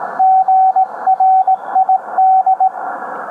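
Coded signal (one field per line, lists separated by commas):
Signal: Morse code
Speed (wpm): 18 wpm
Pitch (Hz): 760 Hz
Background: radio noise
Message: GRID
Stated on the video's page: CQ call in Morse; the grid locator begins with KG.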